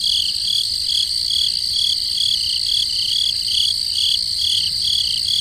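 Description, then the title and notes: Crickets chirping in a dense, steady chorus of high pulsing trills, rapid chirps repeating continuously. Crickets in the forest at night. "Peaceful Cricket Sounds at Night - Calming Sounds of Nature. crickets in the forest at night. Sleep and Relaxation Podcast"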